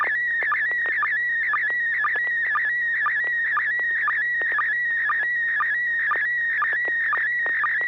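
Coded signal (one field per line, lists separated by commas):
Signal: SSTV (slow-scan television)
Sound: warbling high tone near 1.9 kHz, interrupted by short low 1.2 kHz blips about twice a second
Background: low radio hum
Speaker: yeah I have a picture here let me H check my town real quick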